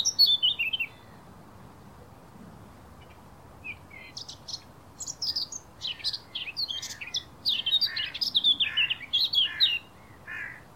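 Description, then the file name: Eurasian blackcap song: a brief descending phrase, a pause, then a long rapid warble of scratchy and clear notes, quieter near the end. "Sylvia atricapilla"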